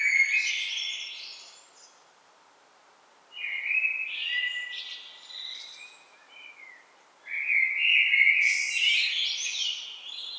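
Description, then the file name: Common blackbird song: three rich warbling phrases with scratchy high-pitched flourishes, separated by short pauses. "Turdus merula"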